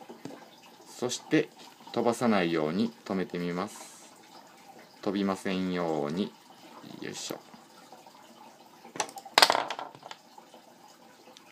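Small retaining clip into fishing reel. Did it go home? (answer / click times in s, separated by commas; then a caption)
yes / 9.4 s. A small retaining clip is fitted carefully into a Daiwa 17 Tatula SV TW baitcasting reel during reassembly, so that it does not fly off, while someone talks. After a quiet stretch, the clip snaps into place with a sharp, loud click at 9.4 s, followed by a few faint rattles, and it is seated.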